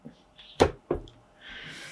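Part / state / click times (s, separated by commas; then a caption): roll axis lock on a camera gimbal / seated / 0.9 s. On a DJI Ronin RS 2 Pro Combo camera gimbal, the roll motor arm is pulled out into position and the roll axis lock is clamped, locking into place automatically. A loud sharp snap at about 0.6 s is followed by a clear click at 0.9 s as the lock seats, then a steady hiss.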